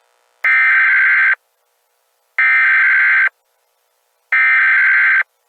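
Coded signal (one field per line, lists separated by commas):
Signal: Emergency Alert System (SAME) tones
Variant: header bursts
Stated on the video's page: Fictional alternate-history EAS scenario; simulated alert, not a real broadcast.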